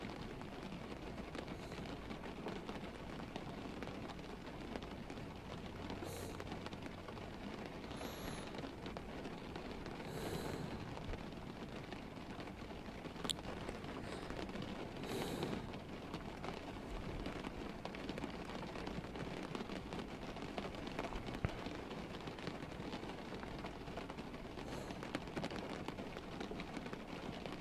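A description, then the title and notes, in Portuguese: A rainy night: steady, dense rain patter throughout, with a faint low rumble and a few brief bright chirps around six, ten and fifteen seconds. Dormindo em uma noite chuvosa.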